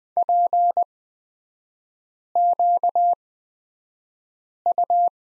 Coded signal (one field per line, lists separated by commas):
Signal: Morse code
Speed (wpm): 20 wpm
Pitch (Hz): 700 Hz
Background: none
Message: PQU